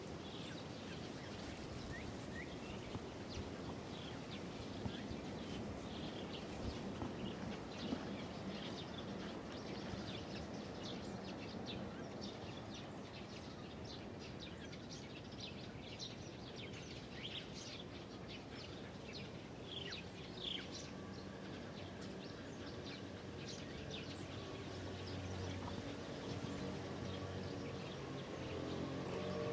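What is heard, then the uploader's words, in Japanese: Many birds gather in a large tree in a park, their chirps and short calls overlapping densely and continuously for the whole stretch. The chatter is bright and busy at a steady level, over a low rumble of traffic, with faint humming tones near the end. 公園、鳥がいっぱい。公園にある大きな木にいろんな種類の鳥が集まっていました。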